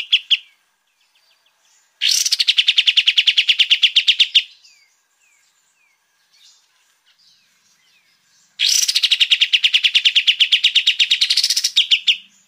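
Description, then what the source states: Sooty-headed bulbul song: two long, rapid, buzzy rattles of sharp pulses, each a few seconds long, separated by soft scattered notes and short downslurred chirps. Song in the brenciu style, a fast high-pitched rapid-fire delivery; the bird is described as gacor (singing readily) and ngegas (singing forcefully).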